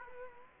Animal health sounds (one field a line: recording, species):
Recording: mosquito wingbeat signal from an infrared sensor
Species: Culex quinquefasciatus